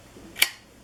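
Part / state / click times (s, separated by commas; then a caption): flip-up front sight on the rifle rail / released / 0.4 s. The folding, hooded flip-up front sight on the rail of an FN SCAR 16S rifle is released and springs upright with a single sharp, bright click at 0.4 s. Before and after the click there is only faint low background noise, and the sight ends up standing in its raised position.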